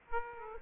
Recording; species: mosquito wingbeat signal from an infrared sensor; Aedes aegypti